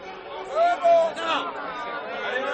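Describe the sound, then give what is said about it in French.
An angry mob of the Wolves, quarrymen and prowlers, more than 200 strong and armed with clubs and crowbars, clamors as it comes to attack the factory: many voices shouting over one another in a dense, steady roar, with a couple of louder cries rising briefly above the din. “Les loups, les carriers et une foule de rôdeurs qu'ils ont racolés dans tous les environs. Vous les entendez?”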